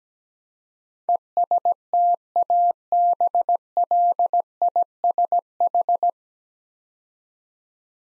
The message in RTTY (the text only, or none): none